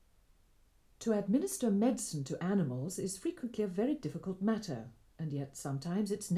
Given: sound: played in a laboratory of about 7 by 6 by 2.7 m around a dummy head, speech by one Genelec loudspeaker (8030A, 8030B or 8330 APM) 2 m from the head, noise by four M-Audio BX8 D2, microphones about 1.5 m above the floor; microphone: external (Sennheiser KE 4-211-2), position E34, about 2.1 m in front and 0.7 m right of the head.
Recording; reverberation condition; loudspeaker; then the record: female speech in English; low; 30 degrees to the right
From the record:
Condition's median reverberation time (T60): about 310 ms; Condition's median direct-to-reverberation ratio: about 3.5 dB